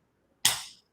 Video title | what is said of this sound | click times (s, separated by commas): ALLERGY & ANAPHYLAXIS IN BABIES AND CHILDREN - LIVE STREAM (Part One) | you can go through clothing as i said so we're just going to press here until you hear a click | 0.4 s